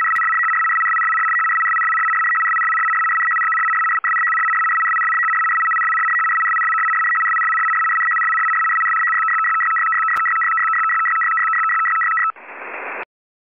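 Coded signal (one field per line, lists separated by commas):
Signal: numbers station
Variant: PolFSK, 100 baud FSK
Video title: Decoding Numbers Station: Polish Intelligence 100bd/625Hz FSK - PolFSK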